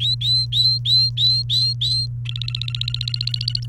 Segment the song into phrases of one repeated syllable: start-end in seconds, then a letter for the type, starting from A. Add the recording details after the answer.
0.00-2.06 A, 2.25-3.66 B. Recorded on 29 April 2018 at 08:19. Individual llb3